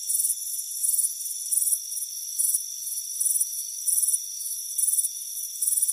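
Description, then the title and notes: Crickets giving shrill trilled chirps, bursts coming about every three-quarters of a second above a steady high buzz. Warm afternoon, front porch. "Soothing Crickets Chirping Sound. It's a warm afternoon as you relax in a hammock on the front porch. Deep Sleep Sounds"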